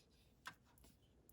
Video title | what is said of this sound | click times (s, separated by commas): Maisto Dodge Concept Vehicle Review (Scale 1/18) | next to the windshield so you just kind of close it and then it clicks into place | 0.5 s